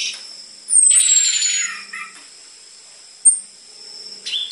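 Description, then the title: Orange-headed thrush song: a brief burst of scratchy notes with a thin, high whistle sliding downward, then a single sharp high note. Vigorous lure song with dense fill-in material, for tutoring caged birds of the spotted variety. "PANCINGAN Anis Merah Gacor Materi Isian Rapat Cocok Untuk MASTERAN Anis Merah TROTOL"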